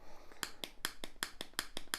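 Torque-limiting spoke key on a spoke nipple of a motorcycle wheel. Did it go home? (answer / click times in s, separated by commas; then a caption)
yes / 0.4 s, 0.6 s, 0.9 s, 1.2 s, 1.6 s, 1.9 s. A torque-limiting spoke key made by an American company, preset to 5 Nm, is turned on a spoke nipple of a motorcycle wheel being built. Once the nipple reaches 5 Nm, the key's clutch slips and gives a series of sharp clicks at about 0.4, 0.6, 0.9, 1.2, 1.6 and 1.9 seconds, showing it has reached its torque setting.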